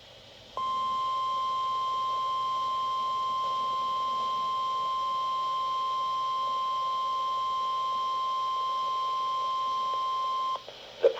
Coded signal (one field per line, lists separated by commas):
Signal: Emergency Alert System (SAME) tones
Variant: 1050 Hz attention tone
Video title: XLF322 Monthly Test Sequence with Severe Thunderstorm Warning 2021-09-01 (EAS #64-66)